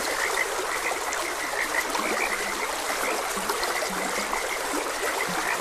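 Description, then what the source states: Frogs croaking, deep low croaks every second or so beneath a higher chirping chorus, all over the steady sound of a flowing stream. Several frogs croaking beside a gentle stream.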